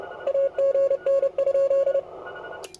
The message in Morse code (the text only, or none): AGN?